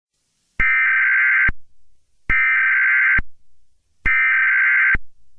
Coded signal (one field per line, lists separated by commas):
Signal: Emergency Alert System (SAME) tones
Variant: header bursts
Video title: (REUPLOAD) EAS Scenario #5A: 2022 Mega Disaster (Part 1)